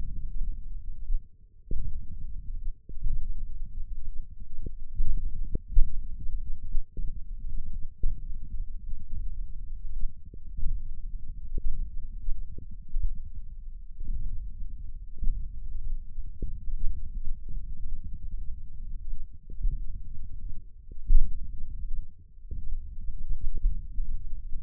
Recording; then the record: forearm muscle sounds (acoustic myography)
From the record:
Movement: index flexion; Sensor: system 1, eight BSWA MPA416 microphones around the upper forearm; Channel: 8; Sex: male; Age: 20 years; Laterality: left